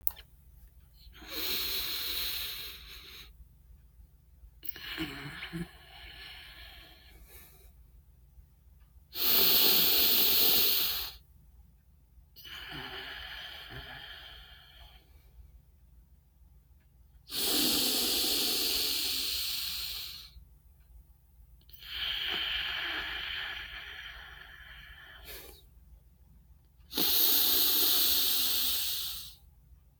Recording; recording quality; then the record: deep breathing; excellent, no background noise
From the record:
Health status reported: exposed to COVID-19, no respiratory illness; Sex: male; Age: 26 years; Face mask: not worn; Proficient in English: yes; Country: United States